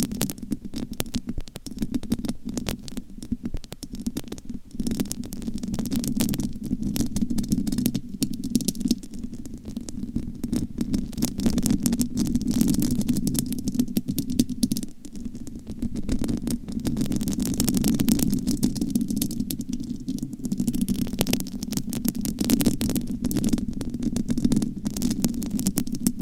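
Continuous microphone scratching, a dense crackling rasp over a steady low hum, with rapid irregular scrapes throughout and slight surges in loudness.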